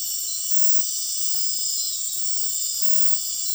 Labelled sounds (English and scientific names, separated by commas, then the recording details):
none
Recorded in dense forest near Puerto Asís, Putumayo, Colombia, on 21 February 2024 at 01:30
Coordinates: 0.502, -76.326
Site G6460